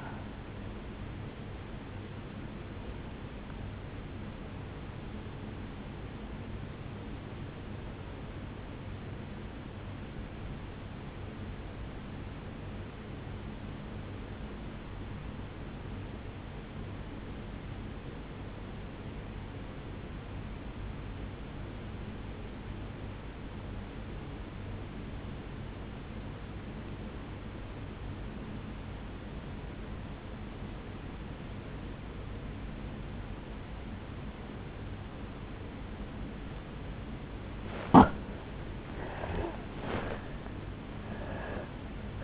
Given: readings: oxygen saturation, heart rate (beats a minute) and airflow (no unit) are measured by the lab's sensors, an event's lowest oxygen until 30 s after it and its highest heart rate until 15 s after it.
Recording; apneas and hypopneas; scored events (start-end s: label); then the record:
breathing in sleep by a voice recorder at the bedside; 1
10.00-38.10 s: obstructive apnea (N1, oxygen 98% highest, then 81% lowest, heart rate 58 at the start, 77 highest)
15.00-42.24 s: new sleep stage, N2 (light sleep)
From the record:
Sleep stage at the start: N1 (lightest sleep); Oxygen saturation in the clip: 83 to 98%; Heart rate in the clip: 56 to 81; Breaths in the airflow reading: 3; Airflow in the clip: -11.7 to 4.9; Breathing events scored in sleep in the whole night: 449 in 7.0 hours asleep